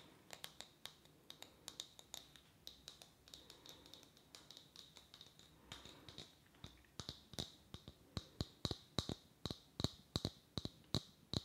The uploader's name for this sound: Tapping